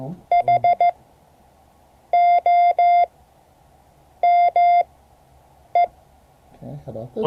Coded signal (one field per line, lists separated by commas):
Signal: Morse code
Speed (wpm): 15 wpm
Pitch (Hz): 690 Hz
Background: speech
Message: HOME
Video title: Morse code class 2024-07-25 (3 of 12)